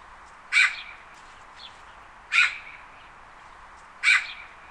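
Eurasian magpie giving harsh squawks: three loud, short rasping calls spaced well apart, with a fainter call between the first two.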